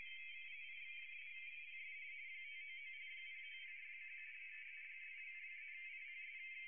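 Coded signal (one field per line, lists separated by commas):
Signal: RTTY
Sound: several overlapping warbling two-tone chatters, continuous, like multiple teleprinter signals at once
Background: radio static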